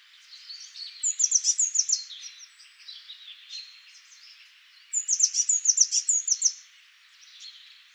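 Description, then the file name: Eurasian blue tit calls: two bursts of about eight quick, high chipping notes each, around one and five seconds, with faint softer twittering between. "Cyanistes caeruleus"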